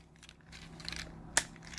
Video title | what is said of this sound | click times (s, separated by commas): NESMAN & Twinklemane Firestar, Punch Counterpunch, Sideswipe Review | just like that everything locks into place securely just | 1.4 s